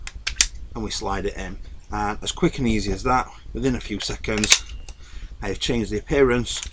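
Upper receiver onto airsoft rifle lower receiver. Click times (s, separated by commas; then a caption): 0.3 s, 0.4 s. A new upper receiver is slid back onto a KWA Ronin airsoft M4 lower receiver, and sharp clicks at 0.3 s and 0.4 s mark it seating into place. Someone then talks for the rest of the clip about how quick and easy the swap is.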